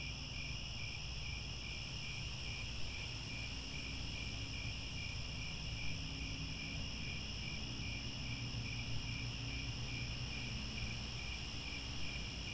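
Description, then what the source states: Dense cricket chirping throughout, rapid rhythmic pulses and ringing higher trills, with low humming sounds drifting underneath. Chorus of crickets at twilight, as the sun sets and stars come out.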